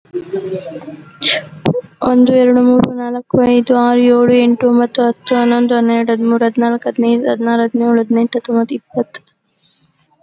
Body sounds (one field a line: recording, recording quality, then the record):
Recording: counting at a fast pace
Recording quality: moderate, slight background noise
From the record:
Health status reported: COVID-19 positive, no symptoms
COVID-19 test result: positive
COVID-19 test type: RT-PCR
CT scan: not taken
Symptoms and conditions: none ticked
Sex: female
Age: 22 years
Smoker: no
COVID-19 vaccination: none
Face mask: not worn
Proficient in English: yes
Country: India